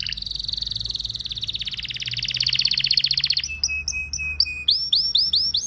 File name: canary